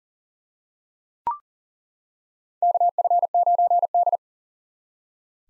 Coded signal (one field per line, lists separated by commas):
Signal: Morse code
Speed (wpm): 40 wpm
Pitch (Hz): 700 Hz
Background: none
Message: KF9D